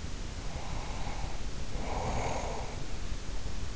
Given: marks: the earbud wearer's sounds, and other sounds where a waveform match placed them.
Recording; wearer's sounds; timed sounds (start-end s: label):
sounds in sleep by an in-ear microphone; snoring breath
0.09-3.70 s: snoring breath